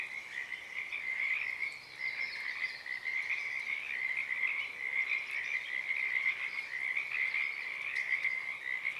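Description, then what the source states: Pacific tree frogs croaking in a thick continuous chorus that dips briefly, then swells again. Wild chorus starting and stopping, Oaks Bottom Wildlife Refuge, Portland, Oregon, USA, morning of Friday April 7 2023, uncommon at that time of day.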